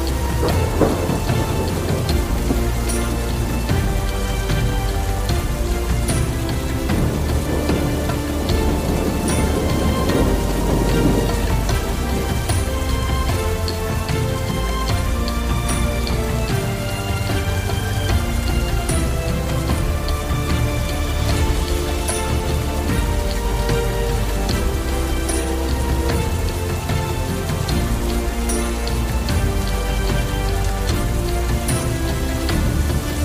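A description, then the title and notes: Rain falls steadily beneath medieval-style instrumental music, a thick, even patter of drops running the whole time. Plucked and sustained melodic notes weave over a low, droning bass, and the overall loudness stays level throughout. Rain & Thunder with Medieval Ancient Tavern Relaxing Instrumental Music. The soothing sounds of rain and thunder paired with medieval-inspired instrumental music.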